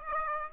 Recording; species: mosquito wingbeat signal from an infrared sensor; Aedes aegypti